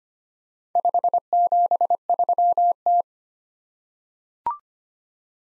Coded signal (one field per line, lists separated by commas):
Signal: Morse code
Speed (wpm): 25 wpm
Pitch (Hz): 700 Hz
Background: none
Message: 573T